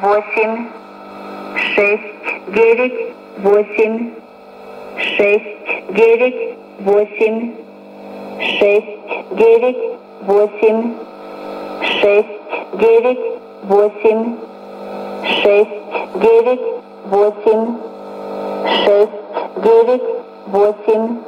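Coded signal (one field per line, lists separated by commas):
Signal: numbers station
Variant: S06s, Russian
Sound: female voice reading short evenly spaced words in Russian, like number groups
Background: radio hiss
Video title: 07 05 2020 S06s Russian Lady numbers station in Russian to Eu 0930 on 9255 unknown tx site USB+AM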